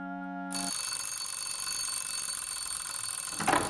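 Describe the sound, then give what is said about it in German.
A single steady electronic tone rings out for half a second, then gives way to a continuous radio hiss with faint whistling lines. It sounds like the closing pip of the hourly radio news time signal, with no talking. “Die Nachrichten flüstern alle Stunde das Zeitzeichen aus schräger Tür.”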